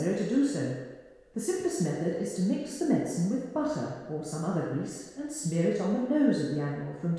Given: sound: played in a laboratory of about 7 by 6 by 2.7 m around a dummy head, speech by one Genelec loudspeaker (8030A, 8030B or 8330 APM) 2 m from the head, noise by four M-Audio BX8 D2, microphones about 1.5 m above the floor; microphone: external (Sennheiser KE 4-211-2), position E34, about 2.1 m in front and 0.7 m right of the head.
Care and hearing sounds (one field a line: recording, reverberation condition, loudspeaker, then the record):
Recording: female speech in English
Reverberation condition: high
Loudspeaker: in front (0 degrees)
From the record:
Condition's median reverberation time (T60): about 1300 ms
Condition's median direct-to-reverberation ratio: about -4.0 dB